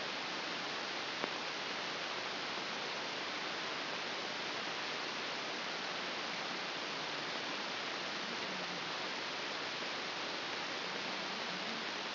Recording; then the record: brain microelectrode recording played as sound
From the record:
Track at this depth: inside the subthalamic nucleus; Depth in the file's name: 4.518 mm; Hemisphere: left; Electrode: 2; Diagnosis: Parkinson's disease